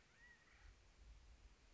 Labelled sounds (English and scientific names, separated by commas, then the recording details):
California Quail (Callipepla californica)
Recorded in Sonoma County, California